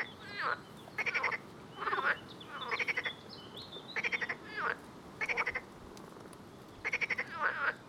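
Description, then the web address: Frogs calling: short pulsed rattling bursts alternate with swooping chirps, about one call each second. "Soundscape Frog 1"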